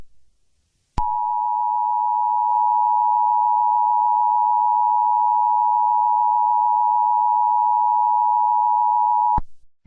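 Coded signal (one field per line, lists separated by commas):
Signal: Emergency Alert System (SAME) tones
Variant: 853 and 960 Hz attention tone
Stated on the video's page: Fictional mock EAS scenario of a climate emergency; not a real alert.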